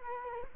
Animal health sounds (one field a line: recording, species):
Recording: mosquito wingbeat signal from an infrared sensor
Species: Culex quinquefasciatus